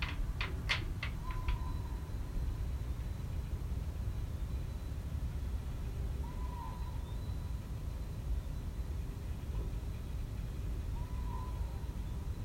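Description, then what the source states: Little owl repeating a short rising hoot roughly every five seconds, three times in all, with a few brief clicks at the beginning and steady low rumble underneath. Recorded on 23 February 2020.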